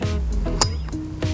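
A seatbelt tongue is pushed into its buckle a second time to show the click. It makes a loud, short snap at 0.6 s over background music, and the buckle is fastened.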